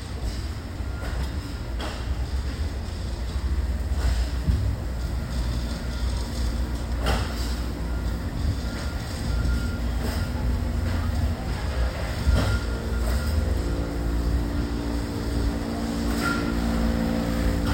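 Machinery runs with a steady low rumble and hiss, punctuated by clunks and pops around seconds 2, 4, 7, 10, 12, and 17.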